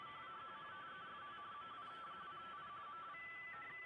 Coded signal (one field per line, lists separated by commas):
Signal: RTTY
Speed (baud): 45.45 baud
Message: CQ TEST MW2I MW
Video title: M0KNM - UKEICC 80m Contest Livestream 01/01/25